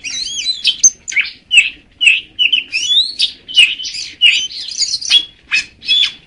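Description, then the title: Magpie-robin singing a varied sequence of loud whistled and chattering notes, some sweeping up and down, in short bursts. "Kacer"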